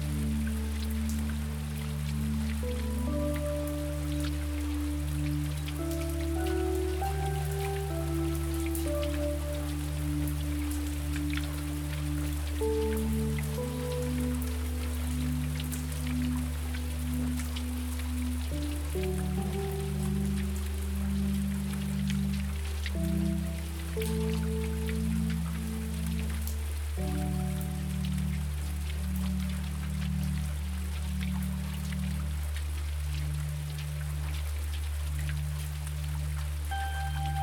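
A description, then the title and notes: Light rain patters steadily throughout, a fine crackle of drops over a deep, constant hum. Soft sustained notes drift above it, changing pitch slowly every few seconds and layering into gentle, unhurried chords. The level stays even from start to finish. Light sounds of rain falling and a few gentle notes.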